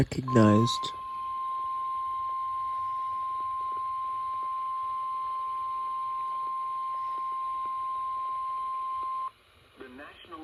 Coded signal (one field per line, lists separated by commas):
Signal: Emergency Alert System (SAME) tones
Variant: 1050 Hz attention tone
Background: speech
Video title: EAS 262 - Snow Squall Warning